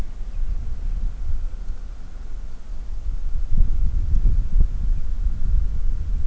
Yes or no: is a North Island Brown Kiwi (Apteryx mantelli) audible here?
no